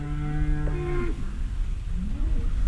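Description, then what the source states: Cattle: a cow's steady low moo lasting about a second, then fainter sounds over a rumbling background. Cattle on a ranch during a veterinarian's visit checking the herd for pregnancy.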